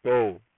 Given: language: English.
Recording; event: throat vibration sensor signal played as sound; speech